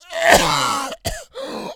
Cough male.